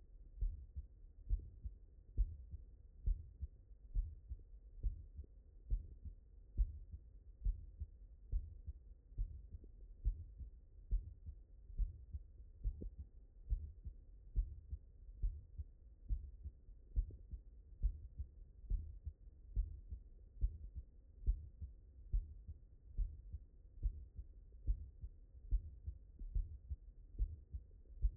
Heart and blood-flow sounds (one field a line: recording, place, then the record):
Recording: heart sounds by stethoscope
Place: mitral valve (MV)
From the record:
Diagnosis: non-HFrEF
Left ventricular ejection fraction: 63%